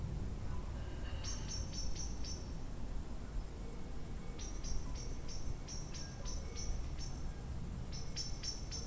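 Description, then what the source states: Cricket chirping: a continuous high, even trill runs throughout, while a bird adds clusters of short sharp chirps in several bursts. Evening recording, with a bird heard alongside the cricket.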